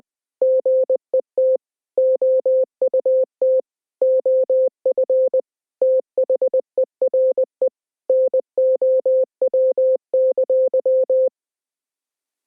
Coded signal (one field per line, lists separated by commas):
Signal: Morse code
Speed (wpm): 20 wpm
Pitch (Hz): 520 Hz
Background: none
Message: GET OUT OF THERE NOW!